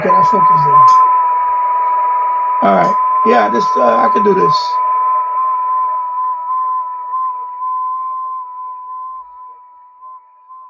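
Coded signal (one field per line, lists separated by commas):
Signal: FT8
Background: speech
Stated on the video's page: FT8 contacts on the 6 m band during a live stream.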